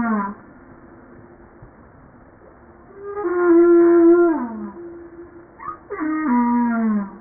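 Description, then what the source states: Humpback whale song units: a falling moan at the start, then a long tonal harmonic moan sweeping down, a brief upsweep chirp, and another descending moan. 5 March 1994 at 09:52.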